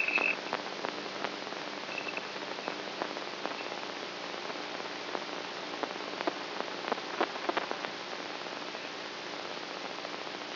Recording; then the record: brain microelectrode recording played as sound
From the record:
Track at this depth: inside the subthalamic nucleus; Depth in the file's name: 2.503 mm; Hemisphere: right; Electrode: 3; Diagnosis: Parkinson's disease